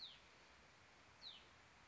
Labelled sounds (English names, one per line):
Hutton's Vireo